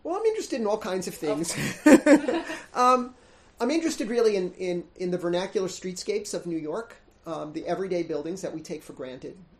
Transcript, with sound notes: Well, I’m interested in all kinds of things. [Laughter]
Of course.
I’m interested really in the vernacular streetscapes of New York, the everyday buildings that we take for granted.